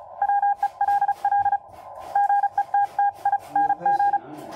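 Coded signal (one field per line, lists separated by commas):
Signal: Morse code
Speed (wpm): 36 wpm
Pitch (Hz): 810 Hz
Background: none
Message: WELL GETTING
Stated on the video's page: CW received on a Xiegu X6100 running firmware v1.1.5.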